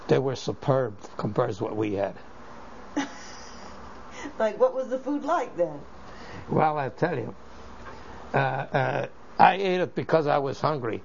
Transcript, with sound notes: they were superb compared to what we had.
( she laughs ) What was the food like, then?
Well, I'll tell you. I ate it because I was hungry.